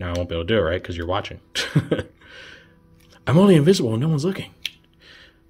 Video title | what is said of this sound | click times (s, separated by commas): Transformers Review: Netflix Spoiler Pack 3 | maybe I got to bend the foot the right way there you go this will actually pop into place | 4.7 s